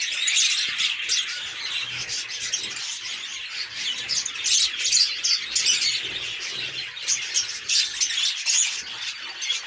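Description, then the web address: Fischer's lovebird flock chatter, a constant stream of sharp, high, scratchy chirps and squeals, rising and falling in intensity across the whole stretch. "nerazlucniki fiseramaskovye. agapornis fischeri"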